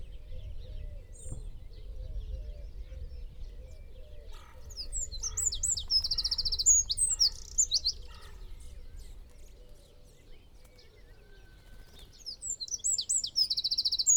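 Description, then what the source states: Eurasian wren song: loud bursts of very high, rapid trills and sharp twittering notes, coming in two outbursts with a pause between, over a soft background rumble. Nominate subspecies Troglodytes troglodytes troglodytes.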